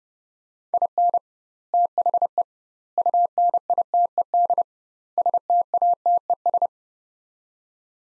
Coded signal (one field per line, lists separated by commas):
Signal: Morse code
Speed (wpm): 30 wpm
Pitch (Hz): 700 Hz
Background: none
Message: IN THE UNITED STATES